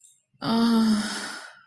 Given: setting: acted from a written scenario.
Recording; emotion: vocal sound without words; embarrassment